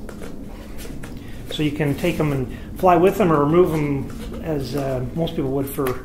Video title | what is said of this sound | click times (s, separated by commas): Freewing F/A-18E with Thrust Vectoring - Box Opening Review and Flight Testing | and that just snaps into place | 0.1 s